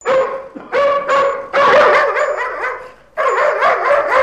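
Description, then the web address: Dog barking in a run of loud, harmonic barks and yelping notes, with a brief quiet gap before a final burst of barks. "Hund"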